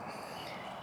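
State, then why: Not seated. A small nozzle adapter, unscrewed from an AirMoto portable smart air pump, is handled near the storage compartment in the pump body. There is a steady broadband rustle with no distinct transients. Nothing has seated or clicked yet.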